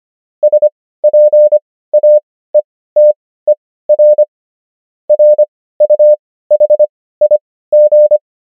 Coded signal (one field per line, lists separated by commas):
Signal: Morse code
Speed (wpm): 25 wpm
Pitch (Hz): 600 Hz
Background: none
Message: SPAETER RUHIG